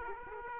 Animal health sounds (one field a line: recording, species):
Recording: mosquito wingbeat signal from an infrared sensor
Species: Aedes aegypti